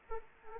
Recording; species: mosquito wingbeat signal from an infrared sensor; Anopheles arabiensis